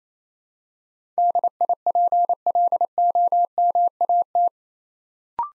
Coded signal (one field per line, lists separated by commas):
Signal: Morse code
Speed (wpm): 28 wpm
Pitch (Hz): 700 Hz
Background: none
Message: DIPLOMAT